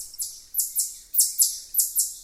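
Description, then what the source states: Chipmunk chip trill: high, sharp chips falling in pitch, mostly in quick pairs throughout. Chip trill call given when telling another chipmunk to back off.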